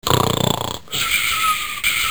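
An adult snoring: a loud, rattling, fluttering inhale, then a hissing, faintly whistling exhale.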